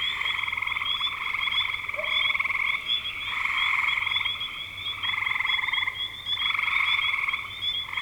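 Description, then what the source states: Frogs trilling in a dense chorus, pulsed buzzy trills swelling and pausing every second or two over a steady high ringing band of other callers. Recorded in spring 2025.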